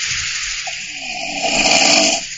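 One rough, rattling snore from a sleeping adult builds over about a second against steady background hiss; moderately loud, a bit noisy.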